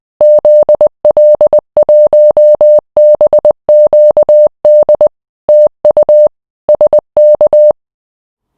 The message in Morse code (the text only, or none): ZL1BQD TU SK